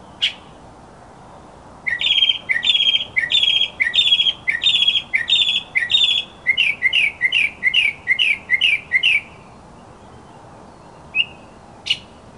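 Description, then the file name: Northern mockingbird song: one phrase repeated several times in quick succession, then a switch to a faster series of different notes, with isolated chips before and after. "kicauan burung northern mockingbird. omkicau"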